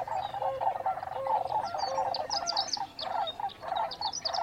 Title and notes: Sierra Valley Marsh, June 24, 2023, 5:33am. The sandhill cranes take center stage in this dawn chorus recording in the Sierra Valley Marsh near Portola, California